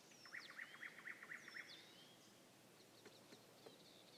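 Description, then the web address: Nightingale sings a crisp run of six identical repeated notes at about four per second, followed by quieter scattered notes. Nightingale song recorded on 21 May 2016. "slowik-spiew-slowika-21-maja-2016-r"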